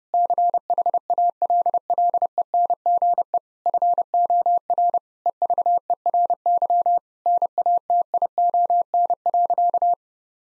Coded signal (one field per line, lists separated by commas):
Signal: Morse code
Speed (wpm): 30 wpm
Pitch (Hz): 700 Hz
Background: none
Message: CHALLENGE FOR EVERY NATION.